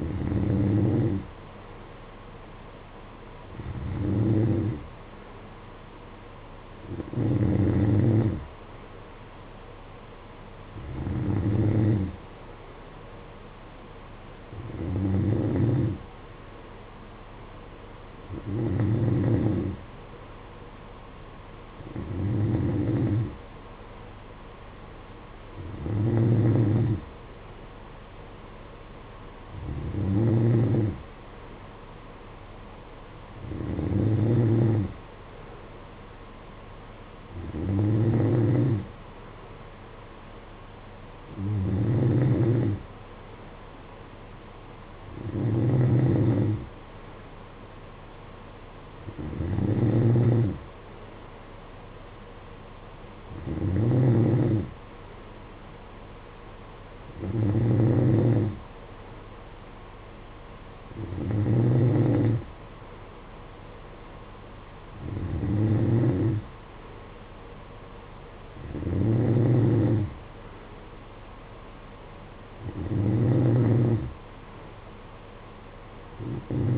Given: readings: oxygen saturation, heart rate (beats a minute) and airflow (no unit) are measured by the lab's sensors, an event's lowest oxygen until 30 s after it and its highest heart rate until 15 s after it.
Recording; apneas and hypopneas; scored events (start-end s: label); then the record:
breathing in sleep by a voice recorder at the bedside; none
none scored
From the record:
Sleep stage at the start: N2 (light sleep); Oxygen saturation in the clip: 91 to 92%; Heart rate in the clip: 54 to 60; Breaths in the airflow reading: 20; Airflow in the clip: -8.3 to 5.8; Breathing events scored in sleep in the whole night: 476 in 9.7 hours asleep